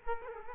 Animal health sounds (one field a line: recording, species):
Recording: mosquito wingbeat signal from an infrared sensor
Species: Culex quinquefasciatus